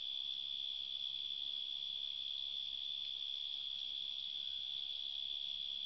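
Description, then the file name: Cricket giving a steady, high, continuous trill that runs unbroken throughout, with faint low background noise. "grillos"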